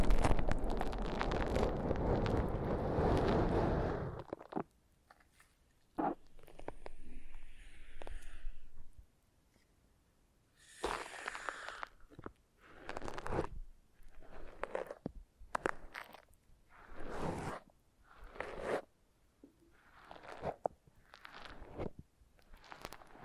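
Foam massage: a dense rushing rub for four seconds, then a sparse quiet stretch before repeated short scrubbing bursts recurring every second or two.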